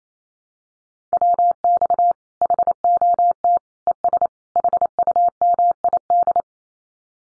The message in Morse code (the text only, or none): WX HOT ES HUMID